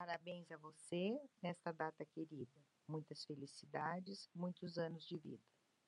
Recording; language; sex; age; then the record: short text; Brazilian Portuguese; female; 70 to 79 years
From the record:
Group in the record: control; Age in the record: 70 years